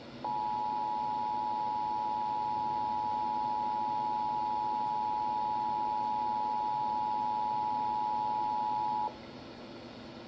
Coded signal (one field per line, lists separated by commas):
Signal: Emergency Alert System (SAME) tones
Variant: 853 and 960 Hz attention tone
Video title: EAS #67 - National Periodic Test 2021 on Radio, Phone and TV!